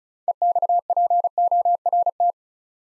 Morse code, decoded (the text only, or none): EXPORT